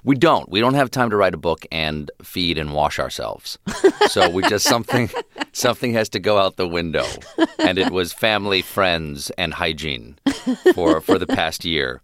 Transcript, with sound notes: We don't have time to write a book and feed and wash ourselves.
(LAUGHTER)
So we just - something has to go out the window, and it was family, friends and hygiene for the past year.